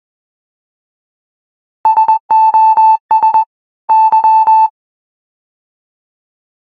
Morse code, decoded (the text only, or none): SOS Y